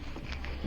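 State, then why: Not seated. A plastic lid part is pressed onto a water filter pitcher, making two brief plastic knocks at about 0.3 and 0.5 seconds over a low steady hum. Nothing has snapped into place or latched yet, so the part would come off when pouring.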